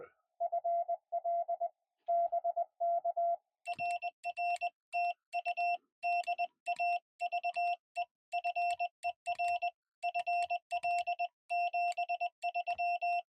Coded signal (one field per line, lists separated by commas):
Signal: Morse code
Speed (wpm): 21 wpm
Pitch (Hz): 700 Hz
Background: none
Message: FL BK RR TU DAVE FER FL 73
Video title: Parks On The Air (POTA) at the Tuckertown access area below the Highrock Lake Dam